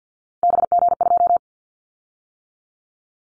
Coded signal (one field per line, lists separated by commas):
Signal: Morse code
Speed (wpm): 50 wpm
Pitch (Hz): 700 Hz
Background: none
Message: BG2